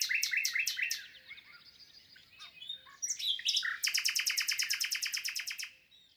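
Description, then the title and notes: Common nightingale delivering a fast rhythmic series of loud repeated notes, varied whistles, then a long even series of rapid repeated notes. Singing 22 April 2020 at Lesches-en-Diois, France, third recording since the birds' arrival, amid human silence; stereo recording, Nagra Seven with MKH8040. "LE TÉNOR DES LISIÈRES. 22 avril 2020-Lesches en diois. le chant du Rossignol Philomène (Luscinia megarhynchos)"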